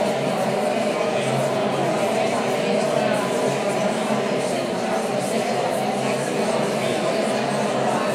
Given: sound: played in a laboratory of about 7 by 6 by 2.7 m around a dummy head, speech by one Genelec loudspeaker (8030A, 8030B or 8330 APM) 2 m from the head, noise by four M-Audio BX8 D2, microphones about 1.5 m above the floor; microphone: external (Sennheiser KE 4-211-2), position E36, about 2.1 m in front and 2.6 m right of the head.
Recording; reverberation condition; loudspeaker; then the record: babble noise; high; four, about 170 cm from the corners of the room and facing them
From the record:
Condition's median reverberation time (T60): about 1300 ms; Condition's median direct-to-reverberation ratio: about -4.0 dB